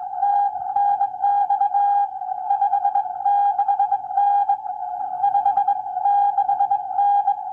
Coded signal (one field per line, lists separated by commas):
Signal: Morse code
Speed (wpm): 20 wpm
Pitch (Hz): 800 Hz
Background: none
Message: TNX 56N 56N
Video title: Xiegu X6100 Test on SSB, CW, and FT8